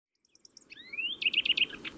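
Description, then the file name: European greenfinch calling with a rising whistled note followed by a quick trill of high chirps, over faint background noise. "Chloris chloris"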